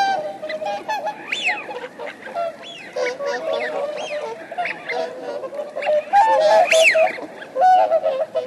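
Swans giving a chorus of nasal honks, many overlapping calls with some higher squeaky notes above, continuous flock chatter.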